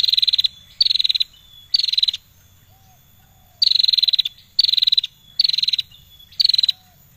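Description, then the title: Prinia singing short, dry, rattling high bursts of rapid pulses, seven in all, delivered in quick sequences with a pause in the middle, with a faint continuous high tone behind. Prenjak lancur singing persistently (gacor); master recording intended as tutor song for training songbirds. "Prenjak Lancur Gacor Untuk Masteran"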